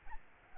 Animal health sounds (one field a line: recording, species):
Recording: mosquito wingbeat signal from an infrared sensor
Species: Aedes albopictus